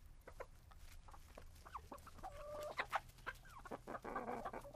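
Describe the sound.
Chickens clucking in a scattered series of short notes, with a few longer drawn-out calls and a low steady hum underneath.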